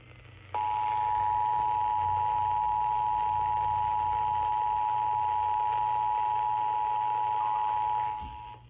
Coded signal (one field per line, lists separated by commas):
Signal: Emergency Alert System (SAME) tones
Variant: 853 and 960 Hz attention tone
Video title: Scholastic Storms III: Spring Break Squall Line!!! (EAS Alerts from 4/5/23) EAS #52-#60